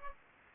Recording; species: mosquito wingbeat signal from an infrared sensor; Aedes aegypti